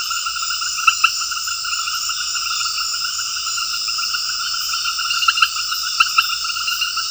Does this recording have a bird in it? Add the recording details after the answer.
no. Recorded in secondary vegetation near Puerto Asís, Putumayo, Colombia, on 18 February 2024 at 20:00. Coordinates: 0.481, -76.323. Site G6376